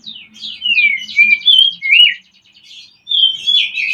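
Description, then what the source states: Oriental magpie-robin song: slurred whistles and a rising then falling note over rapid chattering trills, a short lull, then more whistled phrases. Lure recording used to stimulate a bird's singing and breeding arousal (birahi).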